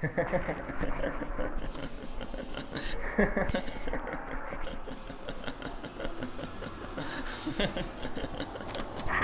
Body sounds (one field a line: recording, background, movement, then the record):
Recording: laughter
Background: traffic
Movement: walking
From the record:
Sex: male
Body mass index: 22.0 kg/m2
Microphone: on the chest, facing the body